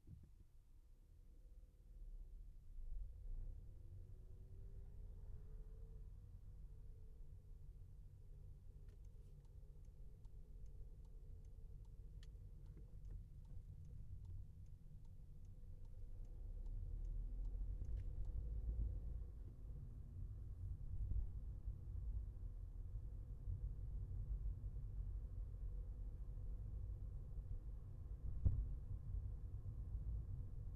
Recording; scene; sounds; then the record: everyday scene through a hearing-aid microphone; in a vehicle; engine, highway traffic jam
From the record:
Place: Skoda Fabia, gasoline engine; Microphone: behind the ear, left, front